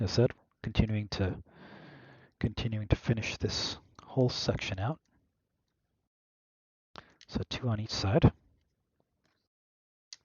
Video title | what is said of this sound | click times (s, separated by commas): LEGO Colonial Viper MOC Build - Part 4 | That didn't snap in it completely. | 10.1 s